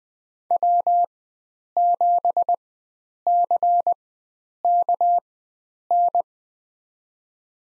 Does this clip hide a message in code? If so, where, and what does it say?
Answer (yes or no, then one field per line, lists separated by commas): yes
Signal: Morse code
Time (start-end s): 0.5-6.2 s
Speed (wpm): 20 wpm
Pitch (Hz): 700 Hz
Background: none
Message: W7CKN